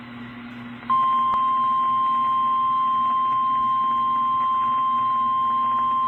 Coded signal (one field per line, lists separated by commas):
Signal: Emergency Alert System (SAME) tones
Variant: 1050 Hz attention tone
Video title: EAS#119 Severe Thunderstorm Warning on WXJ73 (09/18/2022).